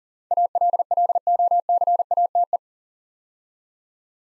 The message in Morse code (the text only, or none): ALLOCATE